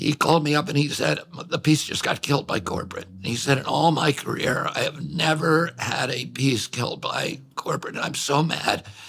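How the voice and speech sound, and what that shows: An adult man speaks fluently but with a strained, creaky, choked voice that breaks and roughens throughout and loses clarity on stressed words. This voice quality fits spasmodic dysphonia, a vocal condition in which involuntary spasms of the vocal cords tighten the voice, with clearly noticeable effects on his speech.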